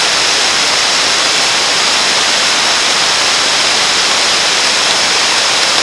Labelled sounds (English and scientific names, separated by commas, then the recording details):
none
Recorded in dense forest near Puerto Asís, Putumayo, Colombia, on 9 March 2025 at 11:30
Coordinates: 0.484, -76.325
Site G045